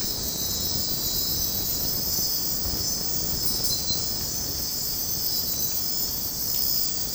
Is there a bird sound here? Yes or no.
no